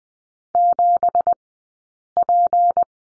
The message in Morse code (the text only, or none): 7P